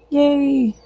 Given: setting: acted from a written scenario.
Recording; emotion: vocal sound without words; ecstasy